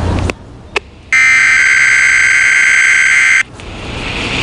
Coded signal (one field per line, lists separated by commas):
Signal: Emergency Alert System (SAME) tones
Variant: header bursts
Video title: Weather Radio EAS No 44 46 Required Weekly and Monthly Tests